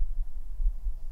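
A child's normal heartbeat, heard as low-pitched thumps and played on a radio morning show.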